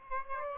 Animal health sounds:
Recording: mosquito wingbeat signal from an infrared sensor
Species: Aedes albopictus

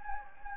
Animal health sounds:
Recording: mosquito wingbeat signal from an infrared sensor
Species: Anopheles gambiae

